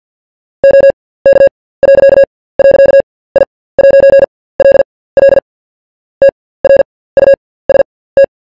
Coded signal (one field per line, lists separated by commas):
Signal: Morse code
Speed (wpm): 48 wpm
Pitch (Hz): 550 Hz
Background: none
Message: OK.. I'LL TRUST